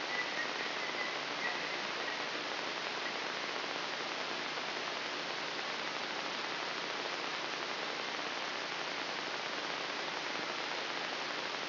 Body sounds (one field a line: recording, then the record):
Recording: brain microelectrode recording played as sound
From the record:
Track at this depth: inside the subthalamic nucleus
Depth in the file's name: 3.308 mm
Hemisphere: left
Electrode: 3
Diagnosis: Parkinson's disease